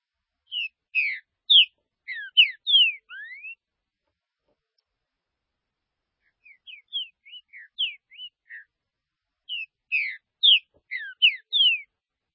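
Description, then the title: Green-winged saltator singing three phrases of clear, slurred whistles; the middle phrase is softer and choppier. "Trinca Ferro"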